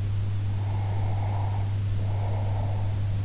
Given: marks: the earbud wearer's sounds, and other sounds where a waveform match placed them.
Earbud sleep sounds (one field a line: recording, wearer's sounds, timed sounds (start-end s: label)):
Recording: sounds in sleep by an in-ear microphone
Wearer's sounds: breath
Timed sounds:
0.55-3.24 s: breath